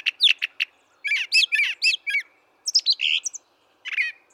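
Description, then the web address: Brown thrasher song of rapid repeated chirps and raspy doubled phrases. The phrases come in bursts, with short pauses between the changing notes. "birdsongforthecurious Brown Thrasher"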